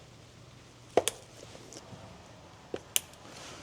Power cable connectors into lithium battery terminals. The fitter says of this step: So basically after these two are clicked down, there's no way that water is actually going to get up